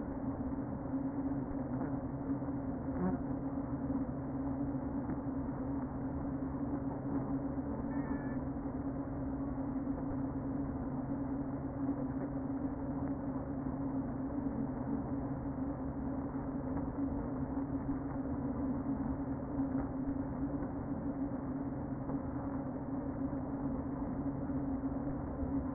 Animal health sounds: honeybee colony, microphone inside the hive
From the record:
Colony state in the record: queen present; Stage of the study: before two queens were removed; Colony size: about 60,000 bees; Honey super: yes

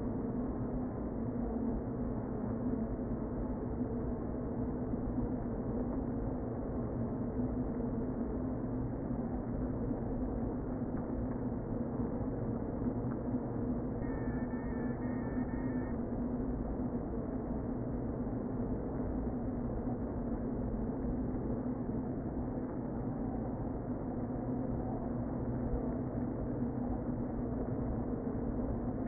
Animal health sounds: honeybee colony, microphone inside the hive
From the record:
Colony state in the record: queen present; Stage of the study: before two queens were removed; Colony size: about 60,000 bees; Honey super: yes

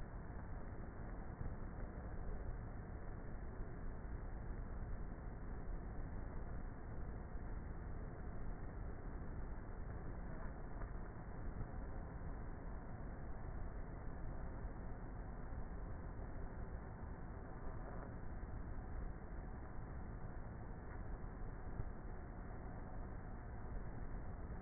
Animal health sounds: honeybee colony, microphone inside the hive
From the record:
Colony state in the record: queenless with a low population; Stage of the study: before two queens were removed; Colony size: about 30,000 bees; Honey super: no

